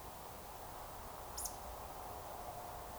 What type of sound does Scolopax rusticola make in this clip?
whistle